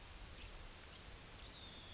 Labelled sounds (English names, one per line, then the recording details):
Yellowhammer song
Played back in grassland
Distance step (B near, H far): F
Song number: 114